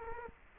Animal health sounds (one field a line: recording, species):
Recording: mosquito wingbeat signal from an infrared sensor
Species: Culex quinquefasciatus